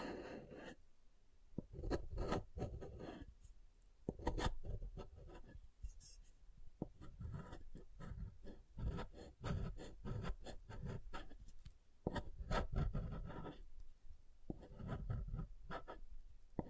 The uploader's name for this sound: SoftHard Soap Tapping and Carving